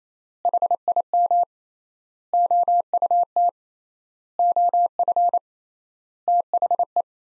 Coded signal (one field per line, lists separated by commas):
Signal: Morse code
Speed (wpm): 27 wpm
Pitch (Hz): 700 Hz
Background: none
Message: HIM OUT OF THE